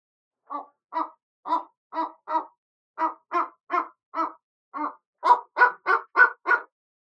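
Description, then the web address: Bateleur giving a run of short, harsh barking chirps, about fifteen notes at two to three per second, growing louder and quicker toward the end. "eagle bateleur chirp"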